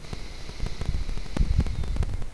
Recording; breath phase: one breath near a microphone; exhalation